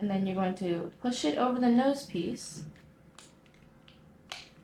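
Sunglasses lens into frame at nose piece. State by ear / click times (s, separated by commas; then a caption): seated / 4.3 s. Someone talks while pushing a plastic replacement lens for Oakley Oil Rig II sunglasses over the nose piece of the frame, after seating its upper middle part into the groove on top. A few faint ticks follow as the lens is pressed, then a sharp click at 4.3 s as the lens snaps into place, seated in the frame.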